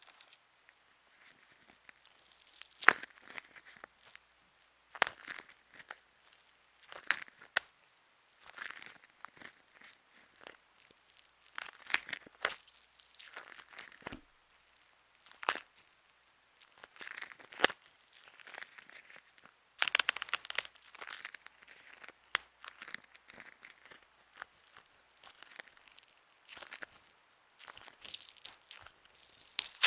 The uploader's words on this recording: Making Squoosh-os DIY Stress Balls (No Talking ASMR Quiet Play).